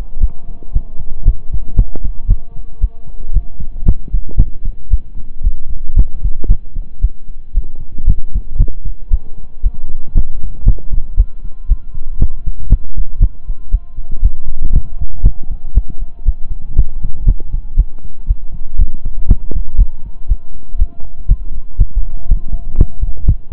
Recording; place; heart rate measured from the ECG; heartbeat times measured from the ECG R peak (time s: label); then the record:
heart sounds by stethoscope; between the tricuspid and mitral areas; 117 bpm
0.19 s: heartbeat
0.71 s: heartbeat
1.23 s: heartbeat
1.75 s: heartbeat
2.26 s: heartbeat
2.79 s: heartbeat
3.32 s: heartbeat
3.84 s: heartbeat
4.35 s: heartbeat
4.89 s: heartbeat
5.42 s: heartbeat
5.94 s: heartbeat
6.47 s: heartbeat
7.00 s: heartbeat
7.53 s: heartbeat
8.05 s: heartbeat
8.57 s: heartbeat
9.09 s: heartbeat
9.61 s: heartbeat
10.13 s: heartbeat
10.64 s: heartbeat
11.15 s: heartbeat
11.67 s: heartbeat
12.18 s: heartbeat
12.68 s: heartbeat
13.18 s: heartbeat
13.70 s: heartbeat
14.20 s: heartbeat
14.71 s: heartbeat
15.21 s: heartbeat
15.73 s: heartbeat
16.24 s: heartbeat
16.74 s: heartbeat
17.24 s: heartbeat
17.75 s: heartbeat
18.26 s: heartbeat
18.77 s: heartbeat
19.26 s: heartbeat
19.76 s: heartbeat
20.27 s: heartbeat
20.77 s: heartbeat
21.27 s: heartbeat
21.77 s: heartbeat
22.27 s: heartbeat
22.76 s: heartbeat
23.25 s: heartbeat
From the record:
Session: slow and fast walking with breaks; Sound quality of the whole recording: saturated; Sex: male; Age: 25 years